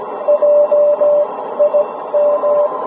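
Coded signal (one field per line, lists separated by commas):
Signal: Morse code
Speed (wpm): 18 wpm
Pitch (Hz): 590 Hz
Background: none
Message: JIM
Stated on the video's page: Ragchew CW QSO ending under heavy QRM from military radar.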